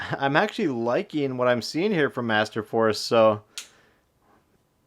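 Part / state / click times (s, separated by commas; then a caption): folding utility knife blade locking open into its handle / seated / 3.6 s. A Masterforce folding utility knife (model MF90817) is flicked open, and its blade swings down and locks into the open position in its handle. Someone talks, then a sharp snap at 3.6 s marks the blade locking open, and it locks in place well.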